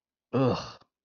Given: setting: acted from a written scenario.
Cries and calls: vocal sound without words; contempt

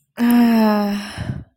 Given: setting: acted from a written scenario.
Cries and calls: vocal sound without words; positive surprise

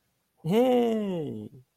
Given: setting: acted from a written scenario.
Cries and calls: vocal sound without words; positive surprise

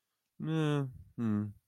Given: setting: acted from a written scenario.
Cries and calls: vocal sound without words; neutral

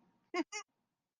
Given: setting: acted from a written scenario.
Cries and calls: vocal sound without words; amusement

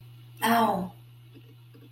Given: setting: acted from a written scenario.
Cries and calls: vocal sound without words; pain

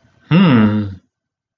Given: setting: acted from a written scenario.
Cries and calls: vocal sound without words; interest

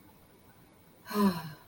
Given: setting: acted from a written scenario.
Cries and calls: vocal sound without words; contentment

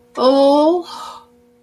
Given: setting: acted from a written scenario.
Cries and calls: vocal sound without words; sympathy

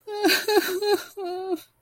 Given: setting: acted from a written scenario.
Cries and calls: vocal sound without words; sadness

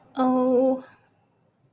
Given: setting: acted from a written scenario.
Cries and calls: vocal sound without words; sympathy

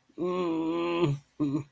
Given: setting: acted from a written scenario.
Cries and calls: vocal sound without words; fear

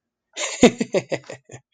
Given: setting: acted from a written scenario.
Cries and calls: vocal sound without words; amusement

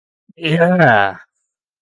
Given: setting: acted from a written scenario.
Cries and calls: vocal sound without words; pride

